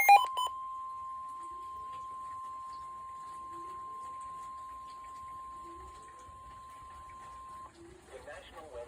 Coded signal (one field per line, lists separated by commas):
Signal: Emergency Alert System (SAME) tones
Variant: 1050 Hz attention tone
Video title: EAS#17 severe thunderstorm warning #noaaweatherradio #shorts